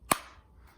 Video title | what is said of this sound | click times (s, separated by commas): Bravo Concealment BCA 3.0 OWB Holster for the Sig Sauer P365 | and just to kind of show you here with this so we'll listen for the audible click | 0.1 s